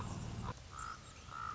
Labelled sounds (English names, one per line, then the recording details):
Common Raven
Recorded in Sonoma County, California